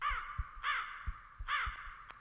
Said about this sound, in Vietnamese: Trời sập tối, bầy quạ bị tiếng vó ngựa dọa làm cho sợ hãi bay lên không trung, cất lên những tiếng kêu ai oán hỗn loạn.